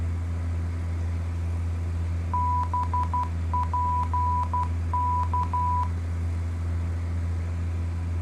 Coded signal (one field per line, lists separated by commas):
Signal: Morse code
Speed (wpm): 12 wpm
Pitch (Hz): 990 Hz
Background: none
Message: BPK